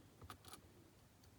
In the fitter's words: Voilà, c'est clipsé.